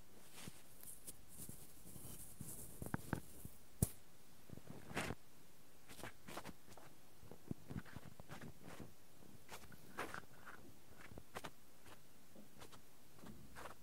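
Soft cotton and tweezer tingles: irregular scratchy rustles and sharp little clicks every second or so, with a hissy fizz early on.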